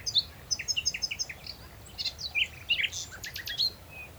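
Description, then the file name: Common nightingale song: a string of evenly repeated short notes followed by quick sweeping whistles and chattering trills, over quiet low rumble. "Luscinia megarhynchos"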